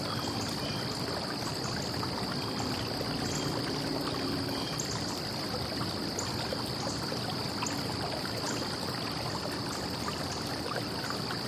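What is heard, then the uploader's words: A stream runs steadily through the whole clip, a dense, even rush of water with no breaks or swells. A constant high-pitched tone, like insects or a faint whine, sits above the flow, and a low murmur underneath briefly thickens around the third and fourth seconds. Calming Current of an Evening Stream. This track was recorded in the evening at a campsite near a stream.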